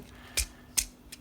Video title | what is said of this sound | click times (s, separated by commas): Transformers Legacy: Leader Class Blitzwing (ASMR) | collapse this in until it just clicks into place | 0.8 s